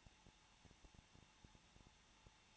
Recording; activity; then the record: daily activity, microphone in the room; no activity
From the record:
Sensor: 1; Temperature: 20.1 degrees Celsius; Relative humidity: 39.4%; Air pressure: 1006.4 hPa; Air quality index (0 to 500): 219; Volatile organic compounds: 82 ppm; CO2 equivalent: 3624 ppm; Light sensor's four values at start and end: 1/2/1/1 and 1/2/1/1